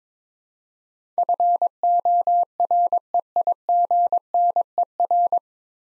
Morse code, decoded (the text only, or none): FOREIGNER